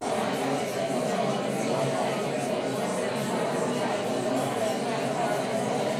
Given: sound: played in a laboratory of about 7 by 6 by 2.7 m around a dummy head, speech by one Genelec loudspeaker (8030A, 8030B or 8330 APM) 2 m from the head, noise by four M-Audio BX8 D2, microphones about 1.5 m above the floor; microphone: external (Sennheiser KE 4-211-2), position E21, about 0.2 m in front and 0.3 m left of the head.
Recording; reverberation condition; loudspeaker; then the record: babble noise; medium; four, about 170 cm from the corners of the room and facing them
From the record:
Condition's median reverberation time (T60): about 510 ms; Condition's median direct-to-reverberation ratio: about -0.5 dB